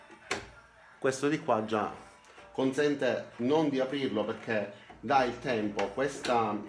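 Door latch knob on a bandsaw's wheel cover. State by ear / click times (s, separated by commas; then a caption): released / 0.3 s. On an Einhell TC-SB 200/1 250 W bandsaw, the knob of the door latch on the wheel cover is turned, and the latch retracts with its first release click at 0.3 s. This click disengages the safety switch and unlocks the motor, giving the blade time to stop before the door can open. Afterward someone talks.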